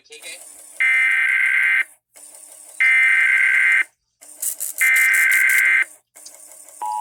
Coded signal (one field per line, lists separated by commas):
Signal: Emergency Alert System (SAME) tones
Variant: header bursts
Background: speech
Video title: THE END OF AN ERA... Broadcast Radio/TV EAS: Required Monthly Test (EAS #1,201 - 1,215)